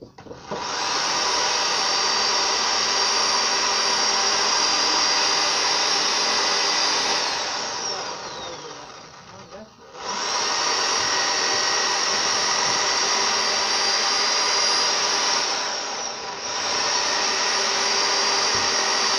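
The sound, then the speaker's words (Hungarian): During a pig slaughter, a powered saw cuts through a pig carcass with a loud, steady, high-pitched buzzing whine that briefly dips twice before resuming at full strength. No one speaks. “vagy szétvágjátok fűrészen? Szétvágjátok. Akkor ezt csinálják.”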